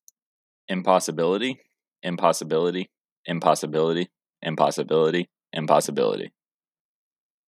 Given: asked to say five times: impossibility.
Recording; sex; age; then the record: repeated word; male; 20 to 29 years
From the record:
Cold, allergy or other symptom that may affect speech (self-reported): no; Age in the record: 22 years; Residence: Indiana, United States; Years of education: 14